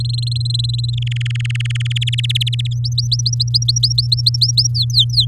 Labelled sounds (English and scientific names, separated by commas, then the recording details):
Domestic Canary (Serinus canaria) song
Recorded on 7 May 2018 at 19:49
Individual llb16